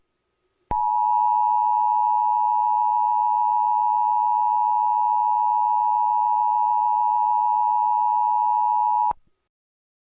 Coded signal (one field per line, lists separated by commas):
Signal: Emergency Alert System (SAME) tones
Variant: 853 and 960 Hz attention tone